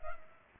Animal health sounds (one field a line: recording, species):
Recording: mosquito wingbeat signal from an infrared sensor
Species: Culex pipiens